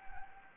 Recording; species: mosquito wingbeat signal from an infrared sensor; Anopheles gambiae